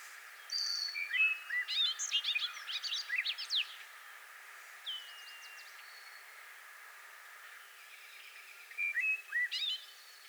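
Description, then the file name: Bobolink song: a run of jumbled, buzzy, tinkling notes in the first four seconds, a short whistled note near five seconds, and another brief bubbling phrase at the end. Four full songs, recorded 28 May 2019. "2019-05-28 Bobolink 4 Full Songs"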